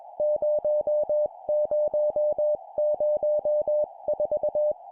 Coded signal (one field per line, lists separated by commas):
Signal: Morse code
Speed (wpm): 20 wpm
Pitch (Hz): 600 Hz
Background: music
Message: 0004